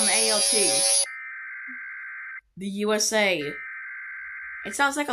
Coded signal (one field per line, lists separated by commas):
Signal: Emergency Alert System (SAME) tones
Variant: header bursts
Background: speech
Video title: Eas Alarm Animated RETURN Part 9